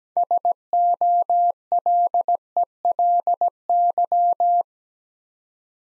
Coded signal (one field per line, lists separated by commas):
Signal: Morse code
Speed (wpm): 17 wpm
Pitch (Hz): 700 Hz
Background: none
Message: SOLELY